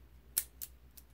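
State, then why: Seated. On a 1941 Philco 41-285 console radio, a station preset button is pushed back in, pushing the metal cam aside so it locks into the small slot of the preset mechanism. A sharp, bright click is heard at 0.4 s, followed by two fainter ticks, over a low steady hum. The cam seats in the slot.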